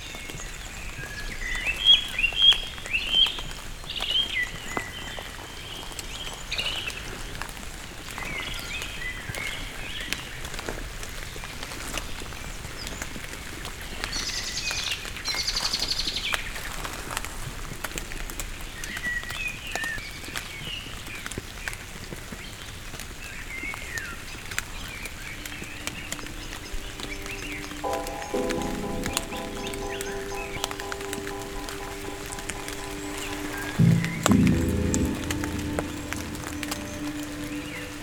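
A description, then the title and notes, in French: Rainy ambience with a steady patter of drops and a dense hiss throughout. Birds chirp in short bright bursts early on, and a whooshing swell passes around 15 seconds. From about 28 seconds a low steady hum with clear tones sets in, rising into a rumble near 34 seconds. Ambiance pluvieuse.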